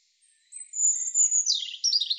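European robin song, a sustained high thin whistle breaking into a rapid, tumbling cascade of twittering notes.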